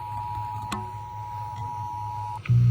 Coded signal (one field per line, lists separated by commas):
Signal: Emergency Alert System (SAME) tones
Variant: 853 and 960 Hz attention tone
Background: music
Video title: I am going insane with the EAS alerts at MIDNIGHT TONIGHT!!!!!!!